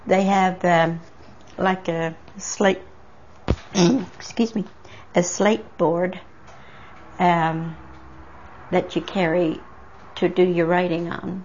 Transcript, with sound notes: They had like a slate, (clears throat) excuse me, a slate board, that you'd carry to do your writing on.